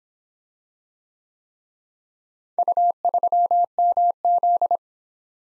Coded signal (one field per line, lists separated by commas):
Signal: Morse code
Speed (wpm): 26 wpm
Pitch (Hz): 700 Hz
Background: none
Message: U3MZ